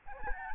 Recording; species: mosquito wingbeat signal from an infrared sensor; Aedes albopictus